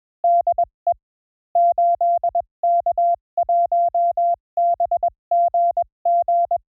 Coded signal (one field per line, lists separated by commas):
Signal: Morse code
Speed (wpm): 21 wpm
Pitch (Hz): 690 Hz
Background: none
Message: DE 8K1BGG